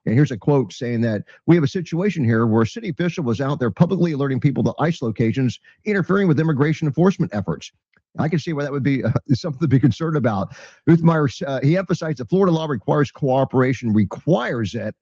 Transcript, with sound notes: And here's a quote saying that, "We have a situation here where a city official was out there publicly alerting people to ICE locations, interfering with immigration enforcement efforts." I can see why that would be (laughs) something to be concerned about. Uthmeier s- uh, he emphasized that Florida law requires cooperation, requires it,